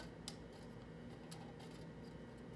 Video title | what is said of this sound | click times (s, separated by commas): River Mountain Model Railroad - Workshop Wednesday - Episode 3 - HO Scale Transmission Tower | well if you listen carefully you can kind of hear him snap into place and | 0.3 s